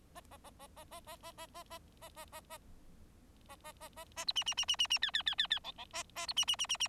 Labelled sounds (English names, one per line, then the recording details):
Bengalese Finch song
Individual Bird4